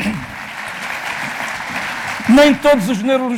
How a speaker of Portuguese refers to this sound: Uma salva de palmas. Porque é corajosa.